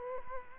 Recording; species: mosquito wingbeat signal from an infrared sensor; Culex quinquefasciatus